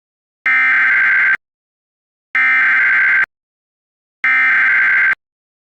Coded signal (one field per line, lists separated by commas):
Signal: Emergency Alert System (SAME) tones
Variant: header bursts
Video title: EAS Scenario 16: Cat Entity's Return